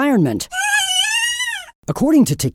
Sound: gibbon on helium